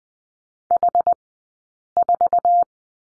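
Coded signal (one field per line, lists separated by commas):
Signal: Morse code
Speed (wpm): 20 wpm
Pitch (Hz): 700 Hz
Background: none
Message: H4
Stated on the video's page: Morse course lesson on number 5 at Farnsworth speed 20/10 wpm.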